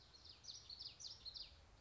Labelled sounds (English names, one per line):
Common Yellowthroat